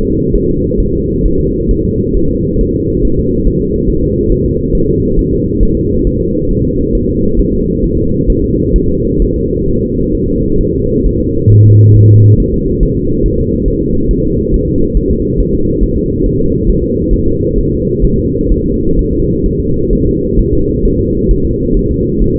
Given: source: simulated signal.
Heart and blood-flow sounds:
fetal heart sounds
0.05 s: S2
0.35 s: S1
0.50 s: S2
0.80 s: S1
0.94 s: S2
1.25 s: S1
1.40 s: S2
1.71 s: S1
1.85 s: S2
2.17 s: S1
2.31 s: S2
2.61 s: S1
2.75 s: S2
3.05 s: S1
3.19 s: S2
3.47 s: S1
3.62 s: S2
3.90 s: S1
4.04 s: S2
4.32 s: S1
4.46 s: S2
4.75 s: S1
4.89 s: S2
5.19 s: S1
5.33 s: S2
5.63 s: S1
5.77 s: S2
6.07 s: S1
6.21 s: S2
6.51 s: S1
6.65 s: S2
6.95 s: S1
7.09 s: S2
7.39 s: S1
7.53 s: S2
7.84 s: S1
7.98 s: S2
8.30 s: S1
8.44 s: S2
8.76 s: S1
8.90 s: S2
9.22 s: S1
9.36 s: S2
9.68 s: S1
9.82 s: S2
10.15 s: S1
10.29 s: S2
10.61 s: S1
10.75 s: S2
11.06 s: S1
11.21 s: S2
11.52 s: S1
11.66 s: S2
11.96 s: S1
12.10 s: S2
12.40 s: S1
12.54 s: S2
12.83 s: S1
12.97 s: S2
13.26 s: S1
13.40 s: S2
13.68 s: S1
13.82 s: S2
14.11 s: S1
14.25 s: S2
14.54 s: S1
14.68 s: S2
14.97 s: S1
15.11 s: S2
15.40 s: S1
15.55 s: S2
15.83 s: S1
15.97 s: S2
16.26 s: S1
16.41 s: S2
16.69 s: S1
16.84 s: S2
17.13 s: S1
17.28 s: S2
17.58 s: S1
17.72 s: S2
18.05 s: S1
18.19 s: S2
18.52 s: S1
18.66 s: S2
18.99 s: S1
19.13 s: S2
19.46 s: S1
19.60 s: S2
19.93 s: S1
20.07 s: S2
20.39 s: S1
20.53 s: S2
20.85 s: S1
21.00 s: S2
21.31 s: S1
21.45 s: S2
21.77 s: S1
21.91 s: S2
22.22 s: S1
22.36 s: S2
From the record:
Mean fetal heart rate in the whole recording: 135 bpm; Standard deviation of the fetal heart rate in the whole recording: 3 bpm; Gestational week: 36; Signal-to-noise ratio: -15.3 dB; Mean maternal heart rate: 72 bpm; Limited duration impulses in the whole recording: present

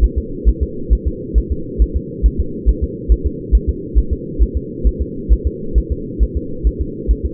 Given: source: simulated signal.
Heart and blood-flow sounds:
fetal heart sounds
0.04 s: S1
0.18 s: S2
0.49 s: S1
0.63 s: S2
0.93 s: S1
1.07 s: S2
1.38 s: S1
1.52 s: S2
1.82 s: S1
1.96 s: S2
2.26 s: S1
2.40 s: S2
2.69 s: S1
2.84 s: S2
3.12 s: S1
3.26 s: S2
3.55 s: S1
3.69 s: S2
3.98 s: S1
4.13 s: S2
4.42 s: S1
4.57 s: S2
4.87 s: S1
5.01 s: S2
5.33 s: S1
5.47 s: S2
5.78 s: S1
5.92 s: S2
6.23 s: S1
6.37 s: S2
6.67 s: S1
6.81 s: S2
7.11 s: S1
7.25 s: S2
From the record:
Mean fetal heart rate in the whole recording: 135 bpm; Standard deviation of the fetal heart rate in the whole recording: 3 bpm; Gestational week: 34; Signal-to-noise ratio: -4.3 dB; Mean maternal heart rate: 72 bpm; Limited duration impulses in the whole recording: absent

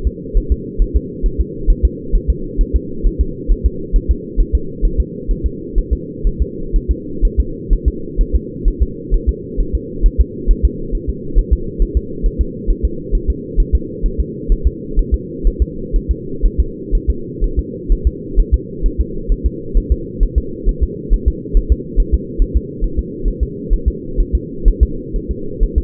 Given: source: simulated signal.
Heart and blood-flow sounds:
fetal heart sounds
0.07 s: S2
0.38 s: S1
0.52 s: S2
0.82 s: S1
0.96 s: S2
1.26 s: S1
1.41 s: S2
1.70 s: S1
1.85 s: S2
2.16 s: S1
2.30 s: S2
2.61 s: S1
2.76 s: S2
3.06 s: S1
3.21 s: S2
3.52 s: S1
3.66 s: S2
3.96 s: S1
4.11 s: S2
4.40 s: S1
4.55 s: S2
4.85 s: S1
5.00 s: S2
5.31 s: S1
5.46 s: S2
5.78 s: S1
5.93 s: S2
6.27 s: S1
6.42 s: S2
6.76 s: S1
6.91 s: S2
7.25 s: S1
7.40 s: S2
7.73 s: S1
7.88 s: S2
8.21 s: S1
8.35 s: S2
8.68 s: S1
8.82 s: S2
9.14 s: S1
9.29 s: S2
9.60 s: S1
9.75 s: S2
10.06 s: S1
10.20 s: S2
10.51 s: S1
10.65 s: S2
10.95 s: S1
11.09 s: S2
11.39 s: S1
11.53 s: S2
11.82 s: S1
11.97 s: S2
12.26 s: S1
12.41 s: S2
12.70 s: S1
12.85 s: S2
13.15 s: S1
13.30 s: S2
13.60 s: S1
13.75 s: S2
14.06 s: S1
14.20 s: S2
14.52 s: S1
14.67 s: S2
14.99 s: S1
15.14 s: S2
15.47 s: S1
15.62 s: S2
15.96 s: S1
16.11 s: S2
16.46 s: S1
16.60 s: S2
16.95 s: S1
17.10 s: S2
17.44 s: S1
17.59 s: S2
17.92 s: S1
18.07 s: S2
18.39 s: S1
18.54 s: S2
18.86 s: S1
19.00 s: S2
19.32 s: S1
19.46 s: S2
19.77 s: S1
19.92 s: S2
20.23 s: S1
20.38 s: S2
20.69 s: S1
20.83 s: S2
21.13 s: S1
21.28 s: S2
21.57 s: S1
21.72 s: S2
22.00 s: S1
22.14 s: S2
22.42 s: S1
22.56 s: S2
22.84 s: S1
22.99 s: S2
23.28 s: S1
23.43 s: S2
23.73 s: S1
23.88 s: S2
24.20 s: S1
24.35 s: S2
24.68 s: S1
24.83 s: S2
25.16 s: S1
25.31 s: S2
25.63 s: S1
25.78 s: S2
From the record:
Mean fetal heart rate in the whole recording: 130 bpm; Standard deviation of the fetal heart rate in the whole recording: 4 bpm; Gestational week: 38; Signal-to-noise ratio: -4.3 dB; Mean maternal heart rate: 72 bpm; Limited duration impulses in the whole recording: absent

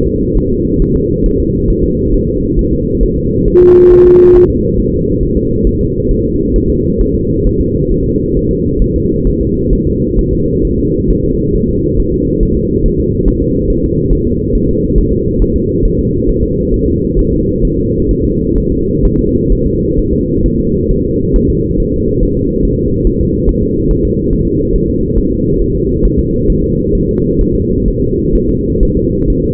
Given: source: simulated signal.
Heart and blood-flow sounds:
fetal heart sounds
0.07 s: S2
0.37 s: S1
0.51 s: S2
0.82 s: S1
0.96 s: S2
1.26 s: S1
1.40 s: S2
1.70 s: S1
1.84 s: S2
2.14 s: S1
2.28 s: S2
2.59 s: S1
2.73 s: S2
3.03 s: S1
3.17 s: S2
3.48 s: S1
3.62 s: S2
3.92 s: S1
4.06 s: S2
4.36 s: S1
4.50 s: S2
4.80 s: S1
4.94 s: S2
5.23 s: S1
5.37 s: S2
5.67 s: S1
5.81 s: S2
6.11 s: S1
6.25 s: S2
6.56 s: S1
6.70 s: S2
7.01 s: S1
7.15 s: S2
7.47 s: S1
7.61 s: S2
7.92 s: S1
8.06 s: S2
8.37 s: S1
8.51 s: S2
8.82 s: S1
8.96 s: S2
9.27 s: S1
9.41 s: S2
9.73 s: S1
9.87 s: S2
10.19 s: S1
10.33 s: S2
10.65 s: S1
10.79 s: S2
11.10 s: S1
11.25 s: S2
11.56 s: S1
11.70 s: S2
12.00 s: S1
12.14 s: S2
12.43 s: S1
12.57 s: S2
12.86 s: S1
13.00 s: S2
13.28 s: S1
13.42 s: S2
13.70 s: S1
13.84 s: S2
14.13 s: S1
14.27 s: S2
14.55 s: S1
14.69 s: S2
14.98 s: S1
15.12 s: S2
15.42 s: S1
15.56 s: S2
15.85 s: S1
15.99 s: S2
16.29 s: S1
16.43 s: S2
16.74 s: S1
16.88 s: S2
17.19 s: S1
17.33 s: S2
17.65 s: S1
17.79 s: S2
18.11 s: S1
18.25 s: S2
18.58 s: S1
18.72 s: S2
19.05 s: S1
19.19 s: S2
19.52 s: S1
19.66 s: S2
19.99 s: S1
20.13 s: S2
20.46 s: S1
20.60 s: S2
20.91 s: S1
21.06 s: S2
21.36 s: S1
21.50 s: S2
21.80 s: S1
21.94 s: S2
22.23 s: S1
22.37 s: S2
22.65 s: S1
22.79 s: S2
23.07 s: S1
23.21 s: S2
23.49 s: S1
23.63 s: S2
23.91 s: S1
24.05 s: S2
24.33 s: S1
24.47 s: S2
24.76 s: S1
24.90 s: S2
25.18 s: S1
25.32 s: S2
25.62 s: S1
25.76 s: S2
26.05 s: S1
26.19 s: S2
26.50 s: S1
26.64 s: S2
26.95 s: S1
27.09 s: S2
27.41 s: S1
27.55 s: S2
27.88 s: S1
28.02 s: S2
28.35 s: S1
28.50 s: S2
28.83 s: S1
28.97 s: S2
29.30 s: S1
29.44 s: S2
From the record:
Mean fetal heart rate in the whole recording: 135 bpm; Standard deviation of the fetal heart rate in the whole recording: 3 bpm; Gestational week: 36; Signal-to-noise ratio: -14.7 dB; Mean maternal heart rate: 72 bpm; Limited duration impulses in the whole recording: present

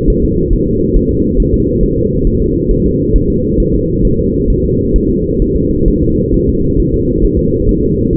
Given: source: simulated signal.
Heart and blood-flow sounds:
fetal heart sounds
0.10 s: S1
0.25 s: S2
0.53 s: S1
0.68 s: S2
0.97 s: S1
1.11 s: S2
1.40 s: S1
1.54 s: S2
1.83 s: S1
1.98 s: S2
2.27 s: S1
2.42 s: S2
2.71 s: S1
2.86 s: S2
3.16 s: S1
3.30 s: S2
3.60 s: S1
3.75 s: S2
4.05 s: S1
4.19 s: S2
4.50 s: S1
4.65 s: S2
4.96 s: S1
5.10 s: S2
5.42 s: S1
5.56 s: S2
5.88 s: S1
6.03 s: S2
6.34 s: S1
6.48 s: S2
6.80 s: S1
6.94 s: S2
7.25 s: S1
7.39 s: S2
7.69 s: S1
7.83 s: S2
8.13 s: S1
From the record:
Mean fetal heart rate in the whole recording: 135 bpm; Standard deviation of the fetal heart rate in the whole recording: 3 bpm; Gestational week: 36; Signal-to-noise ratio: -14.7 dB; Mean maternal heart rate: 72 bpm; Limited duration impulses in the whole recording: present

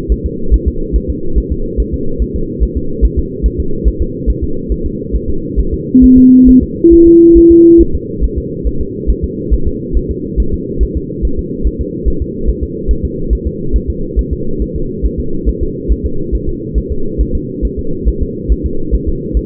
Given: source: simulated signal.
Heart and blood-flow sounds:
fetal heart sounds
0.12 s: S1
0.26 s: S2
0.54 s: S1
0.68 s: S2
0.96 s: S1
1.10 s: S2
1.38 s: S1
1.52 s: S2
1.80 s: S1
1.94 s: S2
2.22 s: S1
2.36 s: S2
2.63 s: S1
2.77 s: S2
3.05 s: S1
3.19 s: S2
3.46 s: S1
3.60 s: S2
3.88 s: S1
4.02 s: S2
4.30 s: S1
4.44 s: S2
4.72 s: S1
4.86 s: S2
5.16 s: S1
5.30 s: S2
5.60 s: S1
5.74 s: S2
6.04 s: S1
6.18 s: S2
6.49 s: S1
6.63 s: S2
6.93 s: S1
7.08 s: S2
7.38 s: S1
7.52 s: S2
7.81 s: S1
7.95 s: S2
8.24 s: S1
8.38 s: S2
8.67 s: S1
8.81 s: S2
9.10 s: S1
9.24 s: S2
9.54 s: S1
9.68 s: S2
9.97 s: S1
10.11 s: S2
10.40 s: S1
10.54 s: S2
10.83 s: S1
10.97 s: S2
11.25 s: S1
11.39 s: S2
11.67 s: S1
11.81 s: S2
12.08 s: S1
12.22 s: S2
12.49 s: S1
12.63 s: S2
12.91 s: S1
13.05 s: S2
13.33 s: S1
13.47 s: S2
13.76 s: S1
13.90 s: S2
14.19 s: S1
14.33 s: S2
14.62 s: S1
14.76 s: S2
15.06 s: S1
15.20 s: S2
15.49 s: S1
15.63 s: S2
15.92 s: S1
16.06 s: S2
16.35 s: S1
16.49 s: S2
16.78 s: S1
16.92 s: S2
17.21 s: S1
17.35 s: S2
17.65 s: S1
17.79 s: S2
18.08 s: S1
18.23 s: S2
18.52 s: S1
18.66 s: S2
18.95 s: S1
19.09 s: S2
19.37 s: S1
From the record:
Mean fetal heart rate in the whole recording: 140 bpm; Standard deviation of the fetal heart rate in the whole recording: 2 bpm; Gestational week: 34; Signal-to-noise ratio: -8.1 dB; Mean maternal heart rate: 72 bpm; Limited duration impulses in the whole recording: present

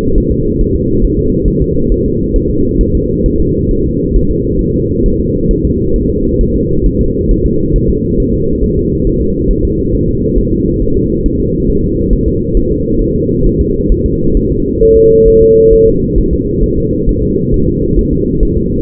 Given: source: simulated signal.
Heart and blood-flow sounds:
fetal heart sounds
0.18 s: S1
0.32 s: S2
0.61 s: S1
0.76 s: S2
1.05 s: S1
1.19 s: S2
1.48 s: S1
1.62 s: S2
1.92 s: S1
2.06 s: S2
2.36 s: S1
2.50 s: S2
2.81 s: S1
2.95 s: S2
3.26 s: S1
3.41 s: S2
3.71 s: S1
3.86 s: S2
4.16 s: S1
4.31 s: S2
4.61 s: S1
4.76 s: S2
5.06 s: S1
5.20 s: S2
5.51 s: S1
5.65 s: S2
5.96 s: S1
6.10 s: S2
6.41 s: S1
6.56 s: S2
6.86 s: S1
7.01 s: S2
7.31 s: S1
7.46 s: S2
7.76 s: S1
7.90 s: S2
8.20 s: S1
8.34 s: S2
8.64 s: S1
8.78 s: S2
9.07 s: S1
9.22 s: S2
9.51 s: S1
9.65 s: S2
9.95 s: S1
10.09 s: S2
10.38 s: S1
10.53 s: S2
10.82 s: S1
10.97 s: S2
11.26 s: S1
11.41 s: S2
11.70 s: S1
11.84 s: S2
12.13 s: S1
12.28 s: S2
12.57 s: S1
12.72 s: S2
13.02 s: S1
13.16 s: S2
13.47 s: S1
13.61 s: S2
13.92 s: S1
14.06 s: S2
14.37 s: S1
14.52 s: S2
14.83 s: S1
14.97 s: S2
15.28 s: S1
15.42 s: S2
15.73 s: S1
15.88 s: S2
16.18 s: S1
16.33 s: S2
16.64 s: S1
16.78 s: S2
17.09 s: S1
17.23 s: S2
17.54 s: S1
17.68 s: S2
17.99 s: S1
18.13 s: S2
18.43 s: S1
18.57 s: S2
From the record:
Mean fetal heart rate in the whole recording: 135 bpm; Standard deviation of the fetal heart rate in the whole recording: 3 bpm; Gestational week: 36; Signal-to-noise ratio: -15.3 dB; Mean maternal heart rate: 72 bpm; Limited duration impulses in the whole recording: present

